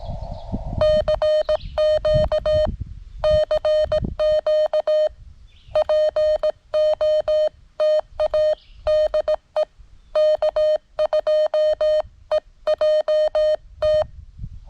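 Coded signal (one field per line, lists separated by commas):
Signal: Morse code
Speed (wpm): 17 wpm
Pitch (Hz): 1850 Hz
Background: none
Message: CQ CQ POTA DE K2EJT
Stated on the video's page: CW Parks on the Air activation with a Venus SW-3B under rough band conditions.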